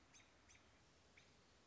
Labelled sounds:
American Robin (Turdus migratorius)
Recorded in Sonoma County, California

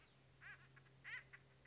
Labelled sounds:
Acorn Woodpecker (Melanerpes formicivorus)
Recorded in Sonoma County, California

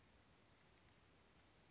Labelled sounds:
Western Flycatcher (Empidonax difficilis)
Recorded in Sonoma County, California

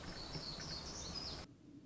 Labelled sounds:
Black-throated Gray Warbler (Setophaga nigrescens)
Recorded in Sonoma County, California

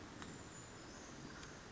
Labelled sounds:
Brown Creeper (Certhia americana)
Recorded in Sonoma County, California

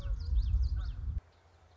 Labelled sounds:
Common Yellowthroat (Geothlypis trichas)
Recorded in Sonoma County, California

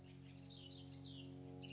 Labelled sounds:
House Wren (Troglodytes aedon)
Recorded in Sonoma County, California

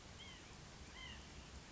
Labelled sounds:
White-breasted Nuthatch (Sitta carolinensis)
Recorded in Sonoma County, California

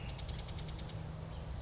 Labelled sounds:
Chestnut-backed Chickadee (Poecile rufescens)
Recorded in Sonoma County, California

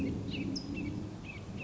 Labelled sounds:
California Towhee (Melozone crissalis)
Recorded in Sonoma County, California

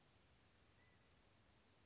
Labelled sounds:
California Quail (Callipepla californica)
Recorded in Sonoma County, California

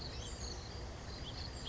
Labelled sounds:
House Finch (Haemorhous mexicanus)
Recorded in Sonoma County, California

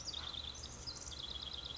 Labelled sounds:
House Wren (Troglodytes aedon)
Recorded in Sonoma County, California

